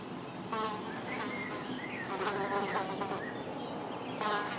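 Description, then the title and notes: Fly buzzing as a humming drone that swells in bursts, mixed with brief chirping bird notes. Several flies on a house balcony in the morning, recorded from a window at Erta di Sopra, Contrà Erta VI, Italy, with birds in the distance. "Erta di Sopra, Contrà Erta VI, Italia - Erta di Sopra - Mosche sul balcone e Uccelli in lontananza. In the morning, from the window of my house, listening to nature"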